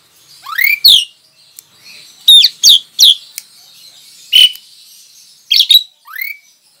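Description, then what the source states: Javan pied starling song: rising whistles and harsh, grating chirps in irregular bursts, ending with another upslurred whistle. Lure call (pancingan) of the Javan pied starling, used to attract birds.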